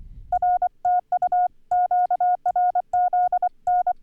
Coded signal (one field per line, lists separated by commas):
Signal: Morse code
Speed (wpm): 25 wpm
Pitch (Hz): 720 Hz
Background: none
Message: RTU QRZN